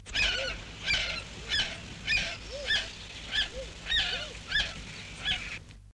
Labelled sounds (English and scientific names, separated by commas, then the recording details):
Bush Stone-curlew (Burhinus grallarius) call
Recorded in captivity
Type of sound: call
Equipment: Halbspur, 9,5 cm/s
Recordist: Lütgens, Hans
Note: Weibchen ruft das Männchen zum Nest